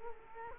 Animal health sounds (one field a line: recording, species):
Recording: mosquito wingbeat signal from an infrared sensor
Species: Culex quinquefasciatus